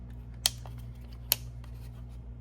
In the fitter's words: hear them all click in. So, make sure that they're all snapped into place.